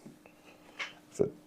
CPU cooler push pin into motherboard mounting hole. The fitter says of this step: If it clicks, there it goes.